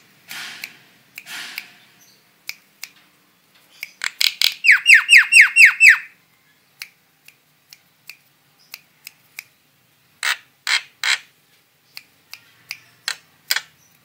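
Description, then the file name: Starling song: soft rasps and clicks, then a rapid rattling trill of downward-sweeping notes, followed by scattered sharp clicks and short harsh bursts. Female bird. "suara burung jalak betina"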